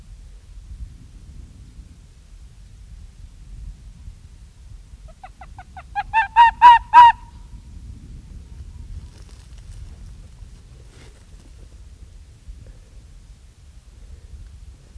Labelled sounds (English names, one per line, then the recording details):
Arctic Fox
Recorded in the wild
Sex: male
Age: adult
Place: Insel Mednyi, Kommandeur-Inseln, RU
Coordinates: 54.5167, 168.083
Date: 1999-06-29 18:18
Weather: gute Sicht, 7°C, fast windstill
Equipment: Sony WM-D6C, Sennheiser MKH 70, Windkorb, Kopie Sony TCD-D8
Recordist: Frommolt, Karl-Heinz